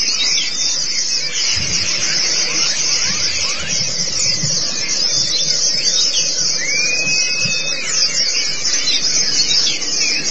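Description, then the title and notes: White-eye song, dense high twittering with a few clear rising and falling whistled slurs standing out midway. Pleci (white-eye) chirping song. "Kicauan Burung Pleci Durasi Panjang. Suara kicauan burung pleci"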